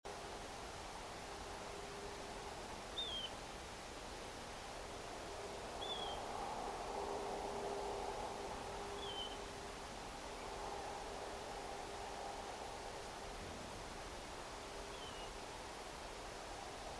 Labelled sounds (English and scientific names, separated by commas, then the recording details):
European Golden Plover (Pluvialis apricaria), unidentified sound
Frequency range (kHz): European Golden Plover (Pluvialis apricaria) 2.6-3.9 kHz
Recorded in France